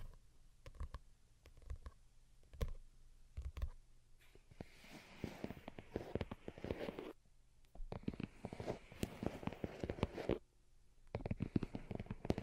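Delicate tapping with sharp, close clicks, sparse at first and then falling into dense, rapid bursts from about four to seven seconds and again from eight to ten. Short pauses separate the flurries, a quieter patter returns near the end, and a faint low hum sits underneath.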